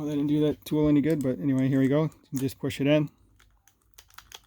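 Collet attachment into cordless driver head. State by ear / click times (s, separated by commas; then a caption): seated / 4.4 s. A metal collet attachment is pushed into the front of a Milwaukee M12 Fuel cordless installation driver head. Someone talks for about three seconds, then a few small ticks and clicks follow during the push. The attachment locks into place with a click at 4.4 s.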